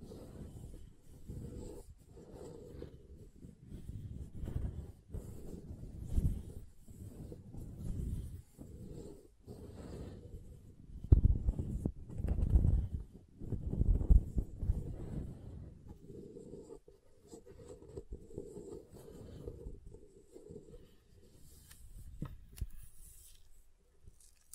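Soap being tapped and carved, with dense scraping and low thuds that come in bursts throughout. The loudest stretch falls around 11 to 15 seconds, with sharp knocks. Toward the end the scraping thins out into softer, sparser taps.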